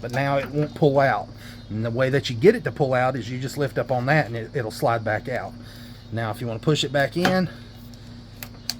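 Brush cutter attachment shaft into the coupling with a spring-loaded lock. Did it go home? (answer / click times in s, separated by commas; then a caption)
yes / 8.7 s. Someone talks while handling a PROYAMA 51.7cc brush cutter: after lifting the spring-loaded clip to release the attachment shaft from its coupling, they push the shaft back in. Faint taps are heard near 7.9 s and 8.4 s, then a sharp click at 8.7 s as the spring clip locks the shaft back in place.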